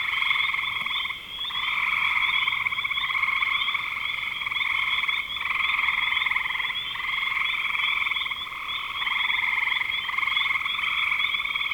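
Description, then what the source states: Frogs trilling in a dense chorus, rattling calls continuing in overlapping waves with a brief lull near one second. Spring 2025.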